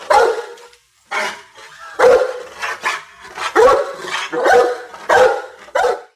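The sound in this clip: Dog giving a steady run of many loud, rough barks.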